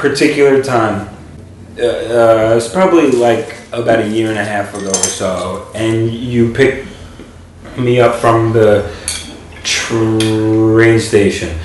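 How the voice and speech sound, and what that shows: Adult male speech with drawn-out sounds, a stretched 'the' and a held 'tr-' before 'train': stuttering with prolongations and blocks.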